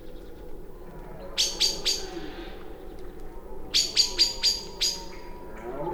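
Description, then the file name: Common blackbird calling with two bursts of hard, metallic chinks, three and then five in fast succession, against a low background drone. "Turdus merula"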